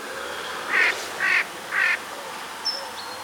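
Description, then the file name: Eurasian jay giving three harsh, rasping screeches about half a second apart, followed by faint thin whistles from another bird. "Garrulus glandarius"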